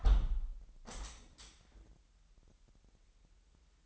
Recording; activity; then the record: daily activity, microphone in the room; close window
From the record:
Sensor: 3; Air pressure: 998.0 hPa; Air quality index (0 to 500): 143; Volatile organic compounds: 4 ppm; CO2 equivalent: 1703 ppm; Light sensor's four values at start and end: 14/41/16/15 and 14/41/16/15